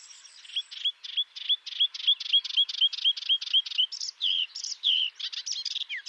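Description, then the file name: Melodious warbler song, a brisk series of about a dozen identical clipped notes followed by a jumbled twittering of buzzy and whistled phrases. "Hypolais polyglotte"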